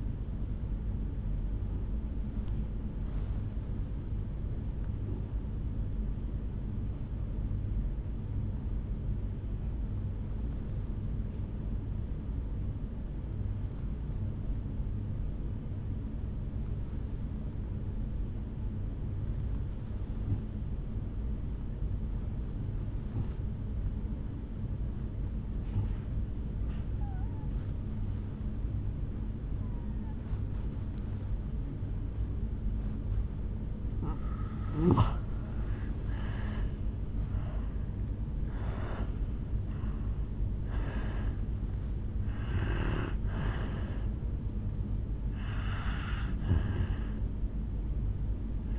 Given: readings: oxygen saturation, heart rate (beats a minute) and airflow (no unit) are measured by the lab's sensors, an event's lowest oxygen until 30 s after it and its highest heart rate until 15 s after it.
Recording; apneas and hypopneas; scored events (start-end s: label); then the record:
breathing in sleep by a smartphone at the bedside; 1
4.00-27.80 s: obstructive apnea (N2, oxygen 97% highest, then 79% lowest, heart rate 52 at the start, 73 highest)
34.00-48.79 s: new sleep stage, N1 (lightest sleep)
From the record:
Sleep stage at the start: N2 (light sleep); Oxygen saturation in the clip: 81 to 97%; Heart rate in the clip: 51 to 74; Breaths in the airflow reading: 10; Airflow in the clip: -11.9 to 5.0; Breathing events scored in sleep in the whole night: 449 in 7.0 hours asleep